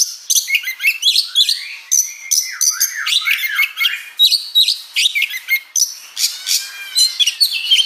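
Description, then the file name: Oriental magpie-robin song: fast tumbling sequence of whistled slides, down-swept notes and scratchy chirps, delivered in quick phrases with only brief gaps. "Suara-Kacer-Versi-2"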